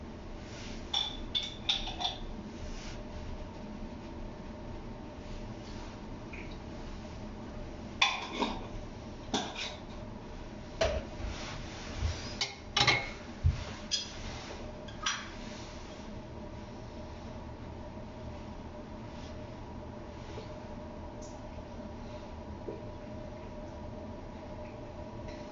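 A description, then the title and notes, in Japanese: Kitchen sounds while sake-lees pickling paste is being prepared. A steady low hum runs throughout, with clusters of short knocks, scrapes and clatters, busiest between about 8 and 15 seconds, then sparser taps toward the end. キッチンでの物音。粕漬けを作るための粕床を作っています。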